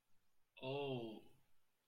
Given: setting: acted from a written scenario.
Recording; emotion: vocal sound without words; awe